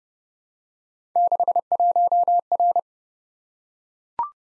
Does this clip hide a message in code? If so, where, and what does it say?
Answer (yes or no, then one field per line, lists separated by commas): yes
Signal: Morse code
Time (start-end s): 1.2-2.8 s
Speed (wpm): 29 wpm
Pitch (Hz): 700 Hz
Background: none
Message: 61R